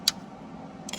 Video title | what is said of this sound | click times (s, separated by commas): Winter project car 1968 Chevy Caprice | Okay, that locked into place. Not quite. | 0.1 s